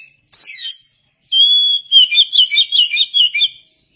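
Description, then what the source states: Oriental magpie-robin song: a sweeping whistled note, then a long steady whistle breaking into a rapid warbling run of high notes. Chirping song.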